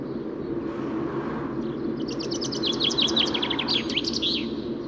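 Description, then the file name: Common chaffinch singing one lively phrase of rapid repeated notes ending in a flourish, heard over loud steady low background noise. "Fringilla coelebs"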